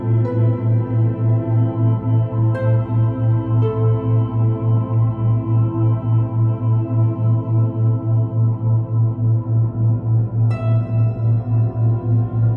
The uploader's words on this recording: Binaural Beats | Delta Frequency Cleanse. Two tones with slightly different frequencies at the same time.